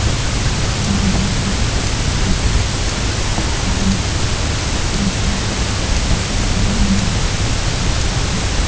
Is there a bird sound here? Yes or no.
no